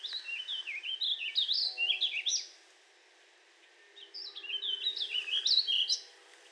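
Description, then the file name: Warbling vireo delivers two fluid warbled phrases of quick, jumbled rising and falling notes, separated by a pause of roughly one and a half seconds. "Warbling Vireo 2 minutes of singing"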